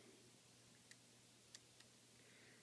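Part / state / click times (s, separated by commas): battery connector onto phone logic board / seated / 1.5 s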